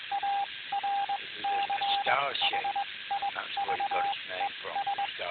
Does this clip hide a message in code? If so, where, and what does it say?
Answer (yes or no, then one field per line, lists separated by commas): yes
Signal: Morse code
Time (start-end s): 0.1-5.0 s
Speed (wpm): 21 wpm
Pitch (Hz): 800 Hz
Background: speech, radio noise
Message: ARCHIVES